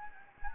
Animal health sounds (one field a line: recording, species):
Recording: mosquito wingbeat signal from an infrared sensor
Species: Anopheles gambiae